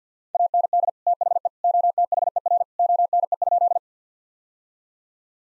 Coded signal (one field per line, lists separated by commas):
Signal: Morse code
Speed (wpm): 50 wpm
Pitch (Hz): 700 Hz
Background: none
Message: AND THE OTHER ONE?